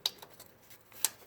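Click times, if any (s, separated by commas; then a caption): 0.1 s, 1.1 s. After the coil boot is refitted over the spark plug on a 2006 Toyota Tacoma 2.7-liter pickup engine, a plastic electrical connector is pushed onto the ignition coil. Two sharp plastic clicks ring out at 0.1 s and 1.1 s, with faint softer ticks in between. The connector snaps home and is seated.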